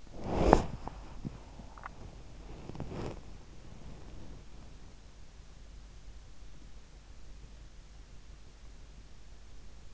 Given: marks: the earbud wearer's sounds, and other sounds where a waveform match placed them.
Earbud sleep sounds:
sounds in sleep by an in-ear microphone; body movement
0.00-3.20 s: body movement

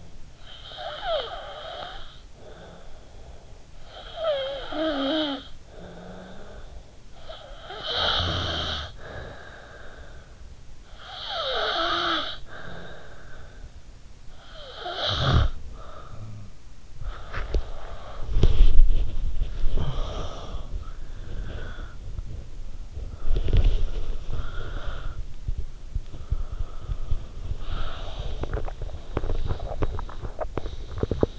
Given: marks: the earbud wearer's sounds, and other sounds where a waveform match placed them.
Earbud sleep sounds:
sounds in sleep by an in-ear microphone; snoring breath, body movement, talking in sleep, breath, teeth grinding
0.39-16.79 s: snoring breath
16.79-28.37 s: body movement
19.59-20.96 s: talking in sleep
20.96-22.28 s: breath
24.05-25.31 s: breath
27.48-28.37 s: breath
27.48-31.39 s: teeth grinding

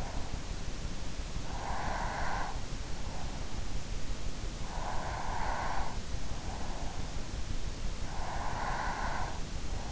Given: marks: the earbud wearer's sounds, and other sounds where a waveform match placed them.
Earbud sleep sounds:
sounds in sleep by an in-ear microphone; breath
1.46-2.83 s: breath
4.72-6.26 s: breath
8.14-9.92 s: breath

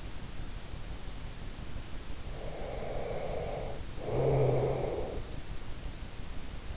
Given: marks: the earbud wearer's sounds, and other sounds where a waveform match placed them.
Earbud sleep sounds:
sounds in sleep by an in-ear microphone; snoring breath
2.17-5.32 s: snoring breath

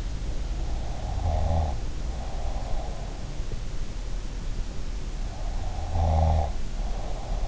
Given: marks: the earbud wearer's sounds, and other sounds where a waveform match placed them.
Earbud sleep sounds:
sounds in sleep by an in-ear microphone; snoring breath
0.99-2.90 s: snoring breath
5.84-7.48 s: snoring breath

